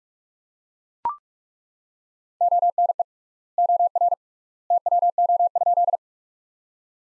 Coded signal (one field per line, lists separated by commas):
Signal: Morse code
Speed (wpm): 42 wpm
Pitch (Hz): 700 Hz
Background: none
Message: ONE OR TWO?